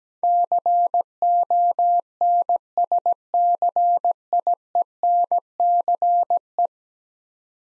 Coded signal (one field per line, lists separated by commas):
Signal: Morse code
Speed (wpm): 17 wpm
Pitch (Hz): 700 Hz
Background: none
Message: CONSCIENCE